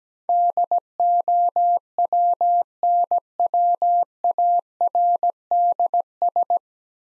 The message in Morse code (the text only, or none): DOWNWARDS